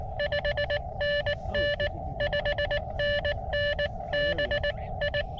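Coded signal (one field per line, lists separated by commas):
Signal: Morse code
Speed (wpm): 20 wpm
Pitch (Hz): 580 Hz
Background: none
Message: 5NN 5NN BI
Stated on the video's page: CW summit activation for SOTA, sent with an Elecraft KH-1.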